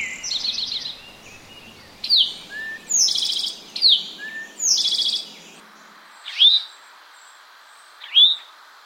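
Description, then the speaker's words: Eastern towhee song: short introductory notes followed by buzzy trills, repeated a few times, then clear upslurred call notes; low background noise that stops partway through. Breeding males returning in mid to late April after wintering in the southeastern U.S., singing on territory immediately; song rendered as 'drink your tea', with chewink call notes; Cape Cod oak woodlands. "Local breeding males slip in overnight and immediately start singing on territory, filling the air with their well-known entreaties to drink your tea, as well as their oft-heard chewink call notes."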